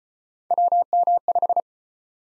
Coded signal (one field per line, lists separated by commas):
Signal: Morse code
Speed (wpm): 34 wpm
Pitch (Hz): 700 Hz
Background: none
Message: WM5